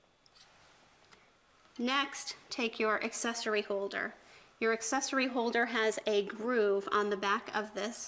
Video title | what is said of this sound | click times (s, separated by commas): Best Hepa Vacuums 2024 - Top 5 Hepa Vacuum Review | ahead and line those up push down until it clicks into place next | 0.3 s